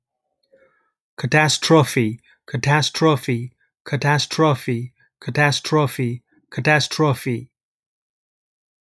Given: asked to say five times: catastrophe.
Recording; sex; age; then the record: repeated word; male; 30 to 39 years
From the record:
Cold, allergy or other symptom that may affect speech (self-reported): no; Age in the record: 37 years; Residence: Massachusetts, United States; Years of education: 16